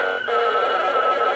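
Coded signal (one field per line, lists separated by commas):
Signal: HF data modem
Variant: WINMOR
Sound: dense chord of steady warbling data tones, briefly interrupted, then continuing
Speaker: i'm using winmore with a uh signal link tnc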